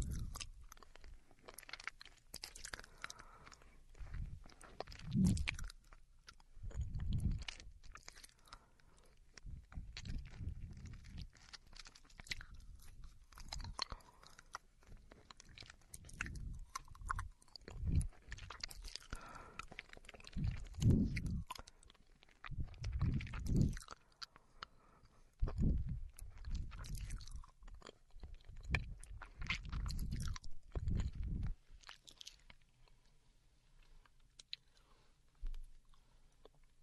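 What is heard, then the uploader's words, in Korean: A girlfriend eating candy, with wet chewing and crunching that comes in short bursts every second or two. Louder crunches land around 5, 7, 21 and 26 seconds, with softer mouth and smacking sounds in between, easing off near the end. 사탕 먹는 여친.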